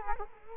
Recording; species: mosquito wingbeat signal from an infrared sensor; Culex quinquefasciatus